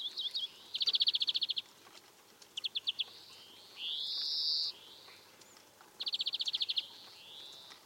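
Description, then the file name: European greenfinch singing fast rattling trills with short chirp runs, broken midway by a long nasal wheeze that rises slightly, then another trill. "Chloris chloris"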